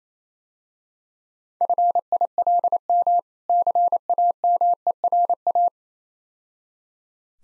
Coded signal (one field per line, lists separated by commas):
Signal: Morse code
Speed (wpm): 28 wpm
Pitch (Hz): 700 Hz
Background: none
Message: FILM CAMERA